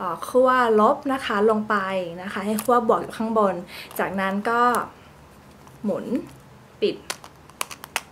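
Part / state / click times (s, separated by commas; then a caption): battery compartment cap on a handheld electric eyelash curler / not seated / none. Someone talks while handling a Panasonic handheld electric eyelash curler after one AA battery has been inserted negative end first, positive end up, and then starts twisting the plastic battery compartment cap shut. After the talking stops, quiet handling noises and a few brief sharp ticks follow. Nothing has seated or clicked yet.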